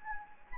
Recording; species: mosquito wingbeat signal from an infrared sensor; Anopheles gambiae